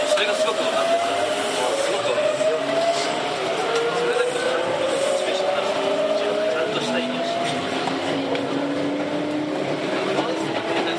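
A Tokyu 7700 series train runs with a steady loud rumble while a motor whine slowly rises and shifts in pitch throughout.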